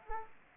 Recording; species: mosquito wingbeat signal from an infrared sensor; Anopheles arabiensis